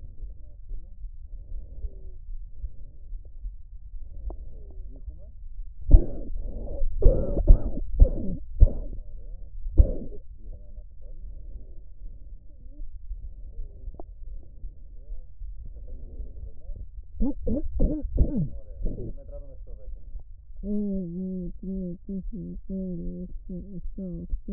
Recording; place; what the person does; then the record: lung sounds by stethoscope; right posterior apical chest; quiet breathing, then cough and speech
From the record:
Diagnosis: asthma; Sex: female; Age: 56 years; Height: 161 cm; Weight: 85 kg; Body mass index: 32.8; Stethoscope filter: extended mode